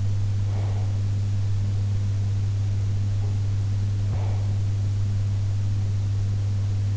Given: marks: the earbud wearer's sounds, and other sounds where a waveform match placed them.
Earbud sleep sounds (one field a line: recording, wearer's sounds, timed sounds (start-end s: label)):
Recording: sounds in sleep by an in-ear microphone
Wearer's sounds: breath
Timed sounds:
0.46-1.03 s: breath
4.09-4.61 s: breath